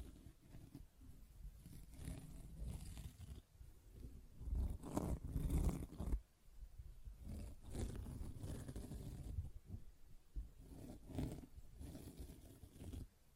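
A sponge is rubbed, squished and scraped in a continuous run of rough, scratchy strokes. The sound is mostly low and dense, with brighter rasping bursts, loudest around the fifth to sixth second, then steadier scrubbing with short pauses near six and ten seconds.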